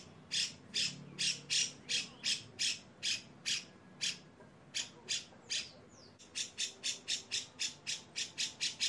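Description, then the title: Grey-cheeked bulbul rasping steadily, with loud scratchy notes in a rapid series, a short pause near the middle, then faster harsh bursts to the end. Long, harsh 'besetan' style song used for training caged birds. "MASTERAN CUCAK JENGGOT GACOR FULL BESETAN KASAR DURASI PANJANG !!!. CUCAK JENGGOT GACOR SUARA BESETAN PANJANG‼️PANCINGAN-MASTERAN BURUNG"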